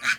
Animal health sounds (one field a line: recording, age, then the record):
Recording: pig call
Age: piglet (1 to 25 days)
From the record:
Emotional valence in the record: negative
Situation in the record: castration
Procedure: castration, fixation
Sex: male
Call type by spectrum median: low-frequency call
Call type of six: low-frequency tonal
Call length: 0.19 s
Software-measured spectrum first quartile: 1535 Hz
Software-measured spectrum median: 2064 Hz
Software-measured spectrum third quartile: 2983 Hz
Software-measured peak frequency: 1505 Hz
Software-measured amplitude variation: 212 dB a second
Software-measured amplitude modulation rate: 2.6 a second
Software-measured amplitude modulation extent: 81.4 dB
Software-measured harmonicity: 2.3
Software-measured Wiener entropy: -1.61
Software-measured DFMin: 703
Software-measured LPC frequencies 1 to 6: 1511, 2363, 3926, 5039, 6246, 6830 Hz